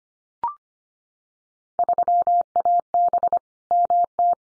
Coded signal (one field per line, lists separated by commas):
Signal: Morse code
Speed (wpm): 25 wpm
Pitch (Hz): 700 Hz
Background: none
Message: 3AB MT